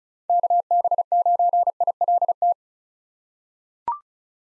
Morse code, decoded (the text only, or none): KB9ILT